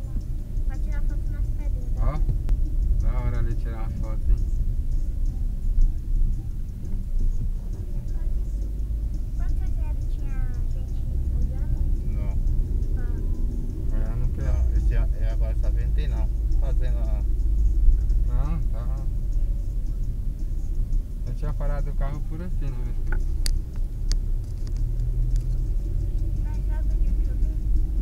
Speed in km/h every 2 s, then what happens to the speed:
29, 29, 25, 20, 19, 25, 31, 33, 31, 26, 19, 18, 26, 32.
0-8 slows to 19. 8-12 speeds up to 31. 16-20 slows to 19. 22-28 speeds up to 32.